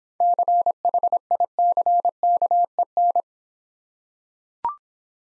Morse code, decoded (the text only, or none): CHICKEN